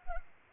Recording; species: mosquito wingbeat signal from an infrared sensor; Culex pipiens